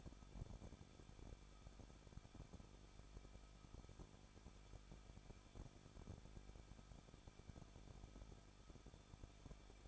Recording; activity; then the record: daily activity, microphone in the room; no activity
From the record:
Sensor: 5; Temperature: 20.8 degrees Celsius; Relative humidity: 38.3%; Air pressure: 1006.6 hPa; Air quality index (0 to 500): 185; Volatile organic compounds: 17 ppm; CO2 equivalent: 2593 ppm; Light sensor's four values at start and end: 2/3/1/1 and 2/3/1/1